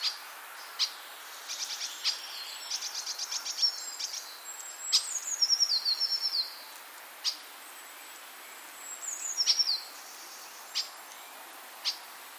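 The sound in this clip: Common starling song of high thin descending whistles, sharp clicks and a quick rattled series of notes, with short pauses between phrases.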